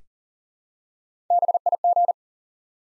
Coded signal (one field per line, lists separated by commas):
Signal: Morse code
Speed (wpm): 42 wpm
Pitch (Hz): 700 Hz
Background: none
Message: BIG